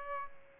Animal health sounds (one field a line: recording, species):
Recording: mosquito wingbeat signal from an infrared sensor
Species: Aedes aegypti